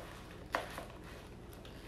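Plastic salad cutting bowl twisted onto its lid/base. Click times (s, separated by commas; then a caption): 0.5 s. A plastic salad cutting bowl, turned upside down on its lid/base, is twisted until it locks into position. A faint, sharp click is heard at 0.5 s, followed by a softer tick just after and a couple of quiet knocks around 1.5–1.7 s. The bowl is seated in its locked position.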